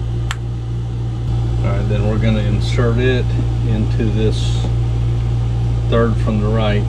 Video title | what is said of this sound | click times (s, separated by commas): How to Install a Chetco Seagauge G2 Analog to Digital Convertor, Ep-170 | in and push until it clicks | 0.3 s